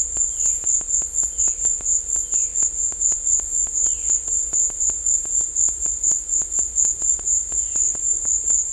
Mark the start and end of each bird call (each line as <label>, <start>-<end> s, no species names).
bird call, 0.28-0.58 s
bird call, 1.30-1.62 s
bird call, 2.20-2.52 s